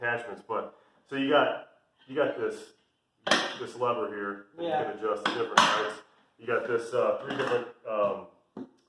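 Someone talks while handling the height adjustment lever on a home gym weight bench's steel frame, which sets the bench to one of three height positions. A brief knock is heard near the end. Nothing has seated or clicked yet; the lever has not gone home.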